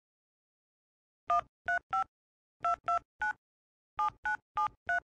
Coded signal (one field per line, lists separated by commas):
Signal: DTMF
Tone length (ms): 120 ms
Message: 135 229 7973